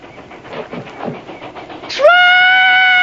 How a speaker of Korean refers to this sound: 소년들은 다리를 건넙니다. 겁쟁이 뚱보 번도 할 수 없이 다리를 건넙니다. 기어서요. 그때 설마 설마 했던 기차의 기적 소리가 들립니다.